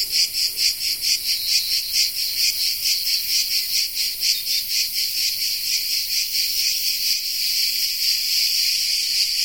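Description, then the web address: Cicada song, a shrill rasping buzz pulsing quickly and rhythmically, with the pulses blurring into a steadier drone toward the end. Cicada of the genus Tettigia recorded in the Peloponnese in the morning. "Peloponnes akustik. Tettigia Cicada"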